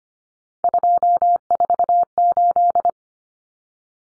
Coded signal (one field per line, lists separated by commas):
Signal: Morse code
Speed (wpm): 25 wpm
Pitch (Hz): 700 Hz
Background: none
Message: 248